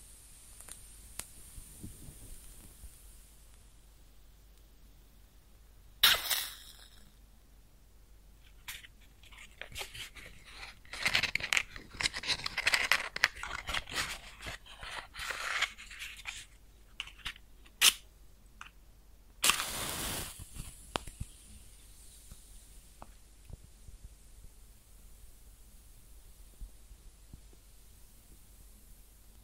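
A match is struck close up with a sharp, bright scrape and flare at about six seconds, followed by quick, irregular crackles that cluster most densely between ten and seventeen seconds. Near twenty seconds a second burst rushes in, then a thin, soft hiss lingers and fades.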